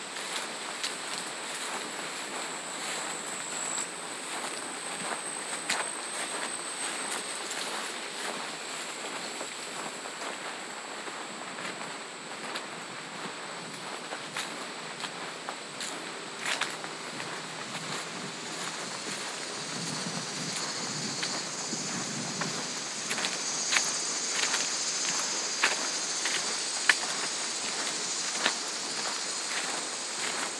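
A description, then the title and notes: Hoof footfalls of horses on a farm trail sound as a steady run of soft, irregular thuds and scuffs throughout. A constant high insect whine hangs in the background, growing brighter and busier after about twenty seconds, with a few sharper knocks near the end. Footfalls on a Farm Trail. Footsteps of your equine friends on the Eastmanville Farm Trail in Coopersville, Michigan.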